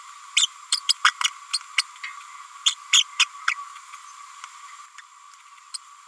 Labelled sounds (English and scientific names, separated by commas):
Green-rumped Parrotlet (Forpus passerinus) babbling